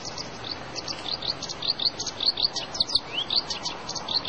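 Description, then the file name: Black-browed reed warbler chattering song: a fast, uneven run of high, scratchy notes with short upslurred whistles, steady throughout, over a soft background hiss. "koyoshi"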